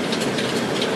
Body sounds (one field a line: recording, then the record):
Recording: background sound without coughing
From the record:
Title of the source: Office Sounds Ambience - Background Noise for Study and Work